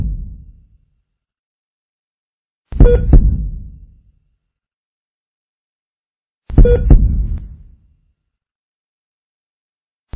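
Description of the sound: Slow, widely spaced heartbeat thumps, each with a short beep-like monitor tone, sound about 16 times a minute, with long silences between beats. A simulated sound effect of a failing heartbeat with a cardiac monitor, meant to signal death; no flatline tone is heard in this part.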